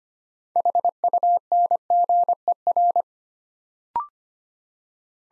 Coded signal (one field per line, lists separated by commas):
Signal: Morse code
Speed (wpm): 25 wpm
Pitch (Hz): 700 Hz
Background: none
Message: HUNGER